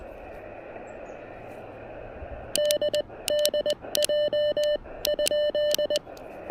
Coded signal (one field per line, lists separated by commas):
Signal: Morse code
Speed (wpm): 20 wpm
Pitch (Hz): 600 Hz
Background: none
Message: DDJ?